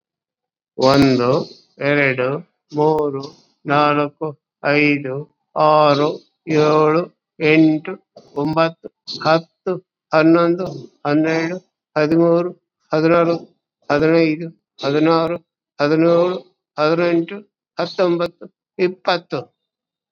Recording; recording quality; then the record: counting at a normal pace; excellent, no background noise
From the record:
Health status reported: COVID-19 positive, moderate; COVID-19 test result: positive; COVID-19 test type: RT-PCR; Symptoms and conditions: cough, sore throat, fatigue, diarrhoea, hypertension, diabetes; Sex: male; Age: 72 years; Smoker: no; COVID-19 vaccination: both doses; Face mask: worn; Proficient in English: no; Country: India